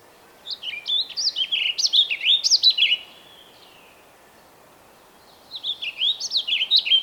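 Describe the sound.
Bird singing two phrases of fast, high, sweeping chirps, the first about two and a half seconds long, the second following after a pause.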